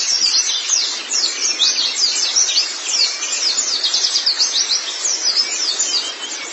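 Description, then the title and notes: White-eye song, lively high-pitched chirping in quick repeated notes, almost without gaps, soft hiss behind. White-eye song (kicauan). "Kicauan Burung Pleci Durasi Panjang. Suara kicauan burung pleci"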